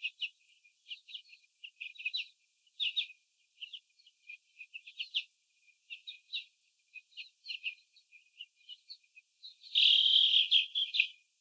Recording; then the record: young laying hens in a cage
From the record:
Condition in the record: after the stressor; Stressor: sudden umbrella opening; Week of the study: 3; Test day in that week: 2